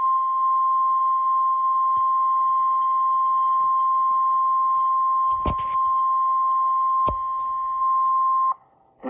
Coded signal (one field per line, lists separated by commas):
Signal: Emergency Alert System (SAME) tones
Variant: 1050 Hz attention tone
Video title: Tornado Warning EAS#458